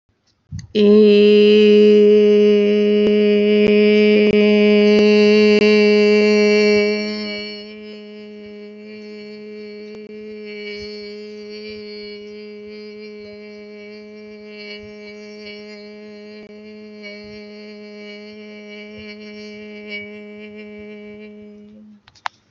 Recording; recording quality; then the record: sustained vowel as in made; excellent, no background noise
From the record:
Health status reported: healthy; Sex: female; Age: 23 years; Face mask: not worn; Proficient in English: yes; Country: India